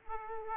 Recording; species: mosquito wingbeat signal from an infrared sensor; Aedes aegypti